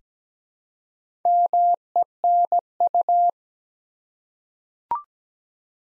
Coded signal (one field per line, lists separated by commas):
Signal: Morse code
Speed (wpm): 17 wpm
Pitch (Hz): 700 Hz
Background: none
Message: MENU